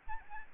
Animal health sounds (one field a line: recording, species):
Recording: mosquito wingbeat signal from an infrared sensor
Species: Aedes albopictus